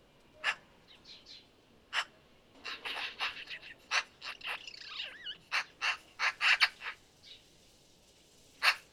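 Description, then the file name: Eurasian magpie uttering rough, grating call notes, scattered at first, then clustered in a busy run with a couple of bent squeaky whistles, before a final lone note. "Pica pica"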